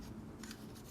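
A threaded main switch is turned anti-clockwise while pressed down into a Graflex lightsaber hilt (built with a Proffie 2.2, NeoPixel and a Goth 3D chassis), with soft rubbing and grinding throughout. Faint clicks at 0.4 s and 0.5 s mark the thread dropping into its start. This catches the thread to avoid cross-threading before screwing in; the part is not yet fully home.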